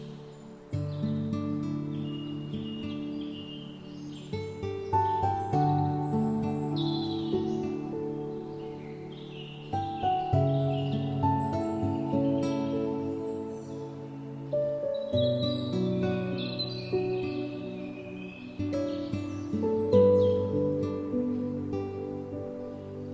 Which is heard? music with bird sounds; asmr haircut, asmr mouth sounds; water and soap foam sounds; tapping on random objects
music with bird sounds